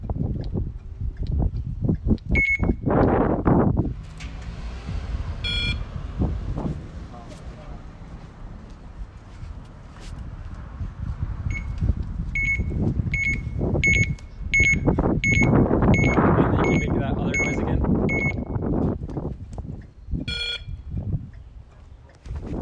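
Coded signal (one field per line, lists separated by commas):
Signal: alarm pattern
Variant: USPS mail truck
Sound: series of short high steady beeps, about eight in a row, over street noise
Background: speech, traffic noise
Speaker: my dog goes crazy with noises the mail truck I'm hoping to try and record the beeping that you do on my phone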